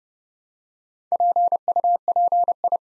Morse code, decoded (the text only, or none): PUPI